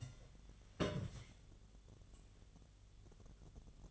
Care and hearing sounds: daily activity, microphone in the room; place on stove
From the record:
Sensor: 4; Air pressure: 1010.9 hPa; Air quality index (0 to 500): 166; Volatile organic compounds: 4 ppm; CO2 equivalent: 1687 ppm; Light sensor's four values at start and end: 39/113/45/46 and 40/114/46/47

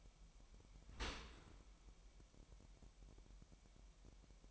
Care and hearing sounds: daily activity, microphone in the room; open dishwasher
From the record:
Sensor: 1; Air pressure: 998.3 hPa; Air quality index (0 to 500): 138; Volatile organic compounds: 4 ppm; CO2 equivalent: 1651 ppm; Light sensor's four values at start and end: 16/55/22/22 and 16/55/22/22

